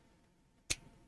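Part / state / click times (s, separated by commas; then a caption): brick grabber piece onto model top / seated / 0.7 s. A small plastic brick grabber piece is pressed onto the top of a model. After a quiet low hum, a single sharp click sounds at 0.7 s and quickly fades. The piece seats firmly.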